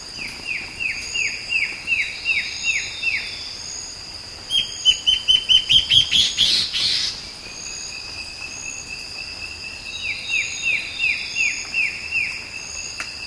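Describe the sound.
Bird giving a series of repeated downslurred whistled notes, broken by a rapid high trilled burst, then resuming the series of falling whistles.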